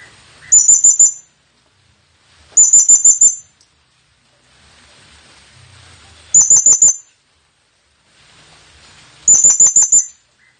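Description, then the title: Blue-crowned hanging parrot repeating short trilled bursts of very high, sharp chirps four times, spaced roughly two to four seconds apart, with faint background hiss. Lure call used to attract the bird. "Burung Serindit Memanggil"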